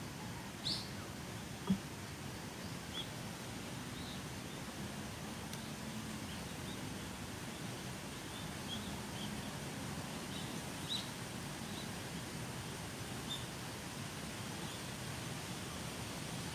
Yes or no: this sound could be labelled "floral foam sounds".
no